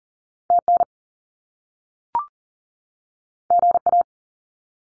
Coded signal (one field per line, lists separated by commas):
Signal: Morse code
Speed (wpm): 42 wpm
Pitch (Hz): 700 Hz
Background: none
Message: TN GA